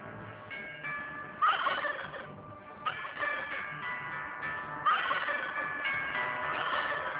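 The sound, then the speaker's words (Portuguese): A turkey being delivered to a house gobbles in three warbling, rattling bursts, fairly loud and high-pitched, with a rough chatter between calls and no voices. “Mandaram-me aqui entregar este peru.”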